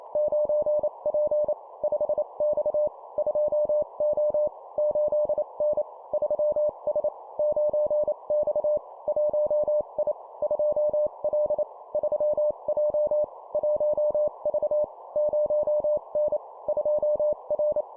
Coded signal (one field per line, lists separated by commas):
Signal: Morse code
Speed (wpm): 28 wpm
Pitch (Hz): 600 Hz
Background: none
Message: 9P 5X 2O 8N 3S 9X 1I 2L 3J 1V 0N 2R